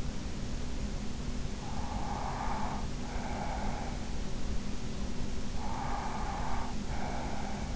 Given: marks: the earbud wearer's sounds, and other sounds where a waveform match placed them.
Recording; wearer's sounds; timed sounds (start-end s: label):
sounds in sleep by an in-ear microphone; breath
1.59-3.99 s: breath
5.42-7.76 s: breath